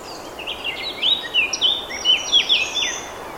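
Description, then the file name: Eurasian blackcap giving a short run of clear, slurred whistled notes in quick succession, over light background hiss. "Sylvia atricapilla"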